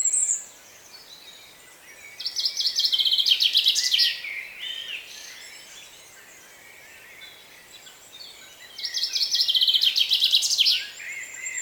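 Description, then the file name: Common chaffinch song, two full phrases, each a fast rattling series of repeated notes falling in pitch and ending in a flourish. "Fringilla coelebs"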